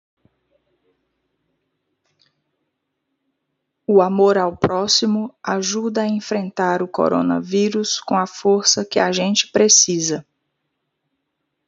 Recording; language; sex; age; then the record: spoken sentence; Brazilian Portuguese; female; 40 to 49 years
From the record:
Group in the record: control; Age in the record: 47 years